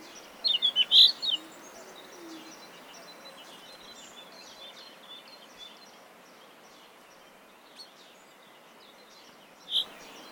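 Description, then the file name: Common chaffinch calls: a quick burst of several sharp, high notes near the start, then a long quiet stretch and one more single note near the end. "Fringilla coelebs"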